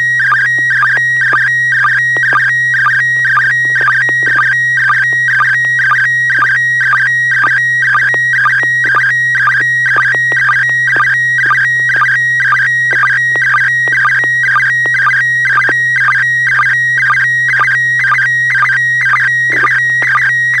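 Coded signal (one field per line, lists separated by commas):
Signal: SSTV (slow-scan television)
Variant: PD120 mode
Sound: warbling, stepping tones repeating about twice a second, with a steady low hum underneath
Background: low hum tone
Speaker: affirmative kp family pictures coming over pd 120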